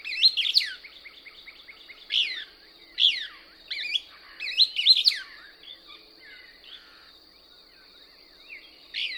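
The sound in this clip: Couch's Kingbird giving bursts of sharp, twittering chips that rise and fall, in clusters separated by pauses, over a steady high whine and softer background chatter.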